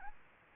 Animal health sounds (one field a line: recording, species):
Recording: mosquito wingbeat signal from an infrared sensor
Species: Anopheles gambiae